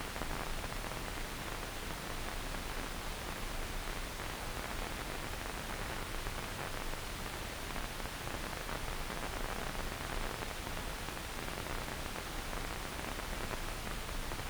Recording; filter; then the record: brain microelectrode recording played as sound; wide band, above 20 Hz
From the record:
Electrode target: subthalamic nucleus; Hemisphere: left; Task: reaching with the right hand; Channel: 1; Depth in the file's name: 0.251 mm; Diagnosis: Parkinson's disease